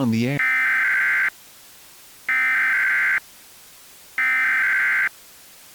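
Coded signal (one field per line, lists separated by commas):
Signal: Emergency Alert System (SAME) tones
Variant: header bursts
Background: speech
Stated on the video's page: Fictional EAS scenario.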